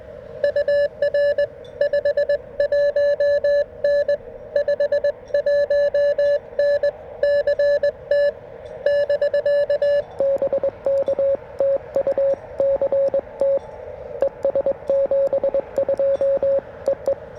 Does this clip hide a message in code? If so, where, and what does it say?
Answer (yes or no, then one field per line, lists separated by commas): yes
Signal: Morse code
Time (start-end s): 0.4-17.1 s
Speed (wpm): 21 wpm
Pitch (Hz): 560 Hz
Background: radio noise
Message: UR 51N 51N CT <BK>BK TU CT ES72 EE